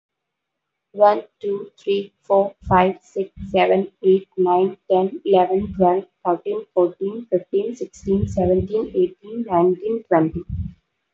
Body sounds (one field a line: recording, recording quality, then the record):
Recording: counting at a fast pace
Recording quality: poor, much background noise or distortion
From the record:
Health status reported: healthy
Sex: female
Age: 23 years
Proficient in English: yes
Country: India